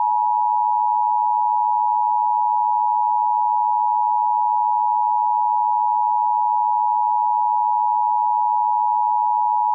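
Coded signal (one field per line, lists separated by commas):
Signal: Emergency Alert System (SAME) tones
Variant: 853 and 960 Hz attention tone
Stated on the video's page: Fictional mock EAS alert, not real.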